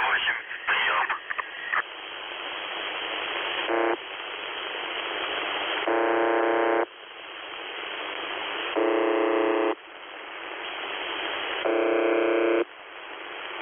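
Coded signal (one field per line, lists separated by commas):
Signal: numbers station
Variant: UVB-76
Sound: radio hiss broken by four roughly one-second harsh buzzes, every few seconds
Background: radio static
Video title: The Buzzer/UVB-76 Voice Message (November 25, 2020 10:08 UTC)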